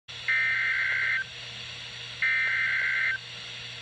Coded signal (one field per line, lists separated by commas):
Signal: Emergency Alert System (SAME) tones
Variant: header bursts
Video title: NWR Required Weekly Tests (12/5/18)